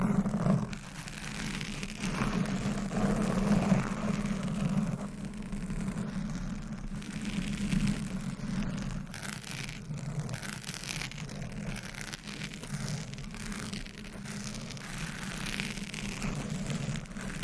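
Microphone scratching, a continuous rough scraping and rubbing with a steady low hum-like rumble running underneath. Brighter scratchy bursts come and go irregularly throughout, and the sound is a little louder during the first five seconds before settling to an even level.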